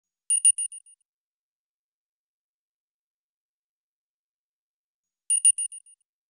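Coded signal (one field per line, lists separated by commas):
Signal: pager alert tone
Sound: two bursts of rapid high-pitched beeps, each fading away, five seconds apart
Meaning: Incoming message alert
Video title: Pager Ringtone (Ringtone and Phone Alert)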